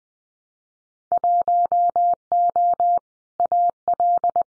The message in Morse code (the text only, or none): 1O AL